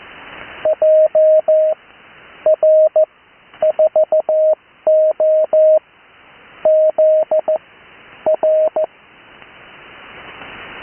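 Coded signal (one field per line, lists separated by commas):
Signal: Morse code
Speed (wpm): 15 wpm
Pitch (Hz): 620 Hz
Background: radio noise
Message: JR4OZR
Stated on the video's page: Morse code callsign practice, recorded live.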